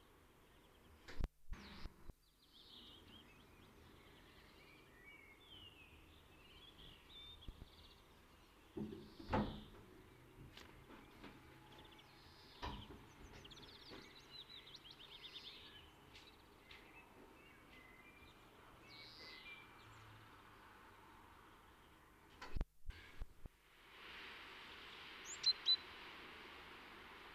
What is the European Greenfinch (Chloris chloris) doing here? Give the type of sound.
song